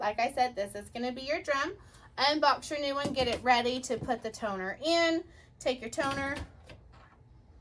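Someone talks while a new drum unit for a Brother MFC L-3750CDW laser printer is unboxed and readied for its toner cartridge, and the toner cartridge is picked up. A faint brief sound comes near 6.7 seconds, but the toner cartridge has not yet clicked or seated into the new drum unit.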